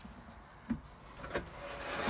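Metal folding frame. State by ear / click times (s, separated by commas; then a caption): not seated / none. A folding seat mechanism in the seating of an Elddis Encore 255 caravan is handled as it is pushed down toward its locked position. A short knock at about 0.7 s and a softer one near 1.4 s rise over low background noise, which swells toward the end. Nothing has seated or clicked into place yet.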